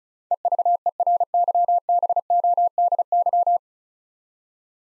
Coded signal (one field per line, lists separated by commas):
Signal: Morse code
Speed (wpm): 36 wpm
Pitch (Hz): 700 Hz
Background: none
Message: EVERYBODY